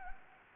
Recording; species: mosquito wingbeat signal from an infrared sensor; Anopheles gambiae